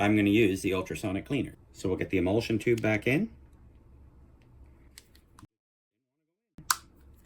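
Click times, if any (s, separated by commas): 6.7 s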